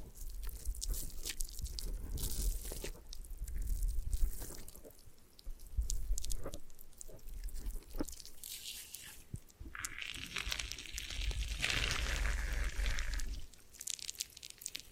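Hair washing and brushing makes dense, crackly scratching and crunching close to the mic, with bright hissy swells around ten and twelve seconds.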